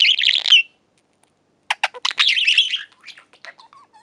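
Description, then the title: Budgerigar chatter: a short grating burst, a pause, then rapid clicks running into a busy warbled stream of chirps that trails off in soft fluting notes. "Budgie Sounds"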